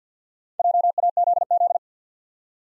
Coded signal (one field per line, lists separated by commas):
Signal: Morse code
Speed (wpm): 48 wpm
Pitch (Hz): 700 Hz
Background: none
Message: JAZZ